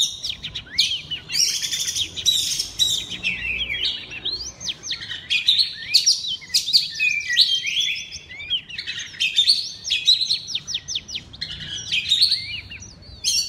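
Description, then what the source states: Oriental magpie-robin song, a dense, almost continuous run of loud whistled phrases mixed with harsh buzzy notes. Kacer singing in the loud, open ngeplong style.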